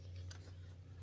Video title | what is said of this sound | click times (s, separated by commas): Ultimate adventure barrow... but is it the ultimate barrow to have? | there's a pin on the back end here which holds your rear legs in place as you can see i haven't done anything other than put it straight uh back and it's now locked into place | 0.3 s